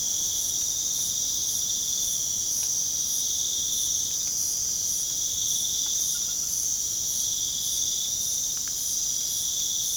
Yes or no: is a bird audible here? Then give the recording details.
no. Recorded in pastures near Puerto Asís, Putumayo, Colombia, on 30 June 2025 at 00:00. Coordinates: 0.497, -76.327. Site G040